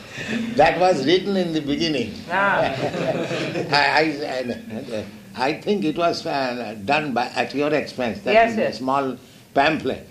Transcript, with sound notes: That was written in the beginning.
Ah. [laughter]
I think it was done by..., at your expense.
Yes, yes.
That small pamphlet.